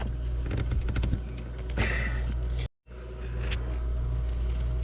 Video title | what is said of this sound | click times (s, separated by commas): 2006 Jeep Liberty 3.7L PCV Valve Replacement | Okay, once you have it clicked in, you just rotate it upwards. | 1.0 s